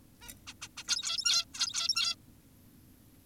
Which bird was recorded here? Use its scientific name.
Taeniopygia guttata